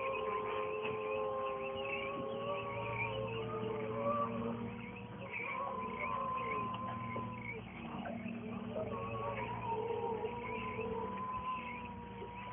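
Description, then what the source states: Seals wailing in sustained, slowly wavering tones, several callers layered together, accompanied by a continuous low engine hum. Seals recorded from a boat at Chester.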